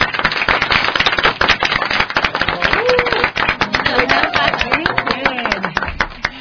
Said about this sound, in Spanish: La mañana de hoy vamos a iniciar este encuentro entonces con estos niños, estos jóvenes, a quienes les recibimos con un fuerte aplauso.